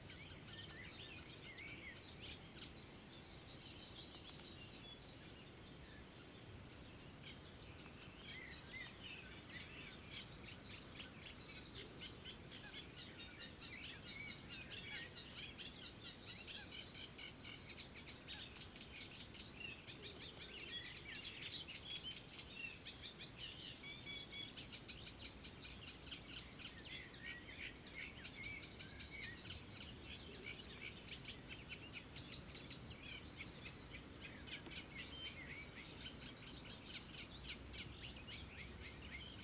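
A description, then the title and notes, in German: Birds chirp and trill almost continuously in bright, overlapping bursts over a steady low rumble, with no pauses across the whole stretch. Danach kamen die üblichen Vögel.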